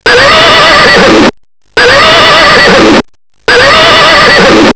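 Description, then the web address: Horse whinnying, a quavering, wavering neigh heard three times in identical bursts of about a second each, with short silent gaps between them. "voice horse"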